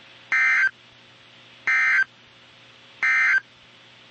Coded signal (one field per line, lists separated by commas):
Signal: Emergency Alert System (SAME) tones